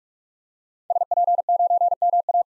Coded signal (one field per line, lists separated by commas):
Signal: Morse code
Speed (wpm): 43 wpm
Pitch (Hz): 700 Hz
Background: none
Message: SP9MA